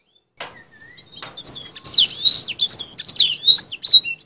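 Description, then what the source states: Canary song building from a soft whistle into loud, dense high twittering and sweeping notes. Canary song for fill-in training with black-throated canary song; Indonesian 'kenari isian' style.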